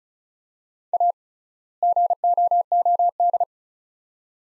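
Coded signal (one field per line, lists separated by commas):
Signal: Morse code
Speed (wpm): 34 wpm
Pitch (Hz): 700 Hz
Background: none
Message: A GOOD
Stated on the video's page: Morse practice of two-word sets at 35 wpm with 3x word spacing, a Farnsworth-like method applied to words; each set is sent in Morse then spoken.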